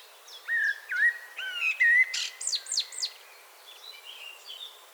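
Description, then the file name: Common blackbird singing several clear, fluting whistled notes in a row, ending in a burst of high twittering, with faint high chirps afterward. "Turdus merula"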